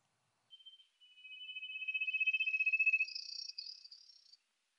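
Trilling Cisticola song: a rapid trill that starts softly and swells in loudness, with higher buzzy notes joining above it in the second half, then fading out.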